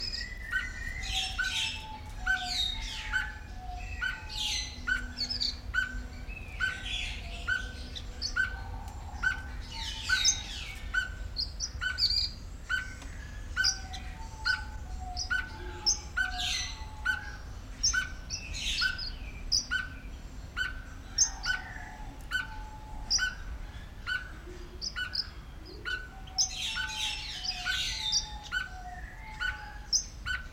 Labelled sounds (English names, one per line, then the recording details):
Orange-breasted Waxbill
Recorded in captivity
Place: Zoo Berlin, Berlin, DE
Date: 1994-01-14 10:56
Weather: -1°C, heiter
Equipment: Marantz CP 430, Sennheiser ME 80, Kopie Uher Variocord 263
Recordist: Tembrock, Günter